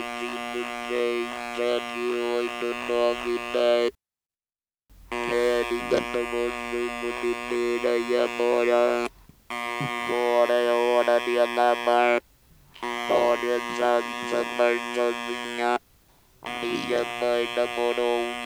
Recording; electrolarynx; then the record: speech with an electrolarynx; conventional device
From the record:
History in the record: total laryngectomy